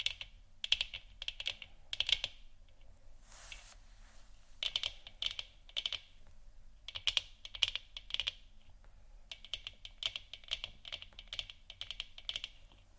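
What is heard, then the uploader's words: Moon scratching and tapping: quick clusters of light, crisp taps arrive in bursts, much like typing on a keyboard, with brief pauses between runs. Around the three-to-four second mark a hissy scratching sweep stands out. A low, steady hum sits underneath throughout. ASMR Moon Scratching & Tapping For Sleep（No Talking）.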